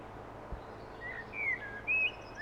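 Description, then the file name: Common blackbird giving a few clear, slurred whistled notes over faint steady hiss. "Turdus merula"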